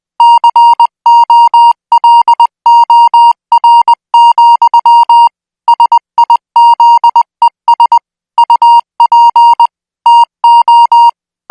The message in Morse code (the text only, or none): COLOR, SIZES UP TO